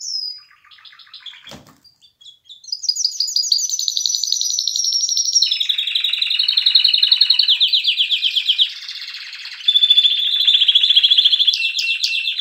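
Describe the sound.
Canary song: loud, rapid rolling trills that step down from a high whistled run to lower tours, each phrase repeated many times in quick succession.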